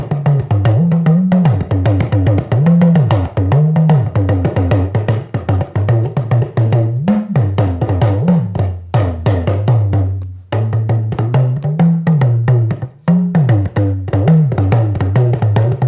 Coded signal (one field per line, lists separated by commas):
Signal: talking drum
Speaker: and then this hand must be a little bit loose so that you can play like.